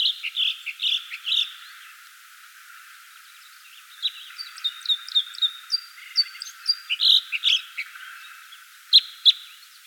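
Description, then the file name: Red crossbill calls: a run of hard, clipped kip notes, some burry, continuing on and off throughout. Call type 2. "Red Crossbill - Loxia curvirostra type 2"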